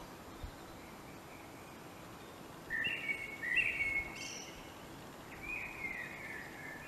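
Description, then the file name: Common blackbird song: clear fluty whistled phrases, a high squeaky flourish, then a second softer warble, with steady hiss behind. "Turdus merula"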